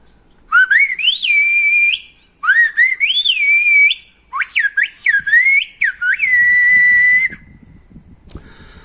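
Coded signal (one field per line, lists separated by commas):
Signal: whistled language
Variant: Silbo Gomero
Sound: loud human whistle gliding up and down in about five phrases, long held notes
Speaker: it means run run away hey these my brothers are coming for you i will try to whistle it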